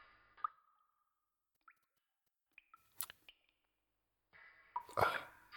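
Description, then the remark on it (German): Scattered water drops plink and plop one at a time with bright, hollow tones, irregularly spaced through quiet, then a louder cluster of splashing drips near the end, as drops of water splash onto a person's face. “Einige Tropfen Wasser spritzten mir ins Gesicht und weckten mich.”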